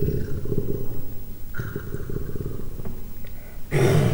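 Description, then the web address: Leopard cub growling, a low rough pulsing rumble running throughout and ending in a louder, harsher burst. Three-month-old leopard cub growling, Miskolc Zoo, 2009. "miskolcizoo 2009 standardt leopard"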